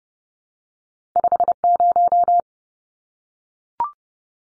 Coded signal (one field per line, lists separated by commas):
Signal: Morse code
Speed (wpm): 30 wpm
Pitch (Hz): 700 Hz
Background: none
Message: 50